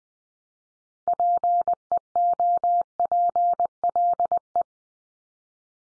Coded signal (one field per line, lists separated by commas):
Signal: Morse code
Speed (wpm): 20 wpm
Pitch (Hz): 700 Hz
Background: none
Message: PEOPLE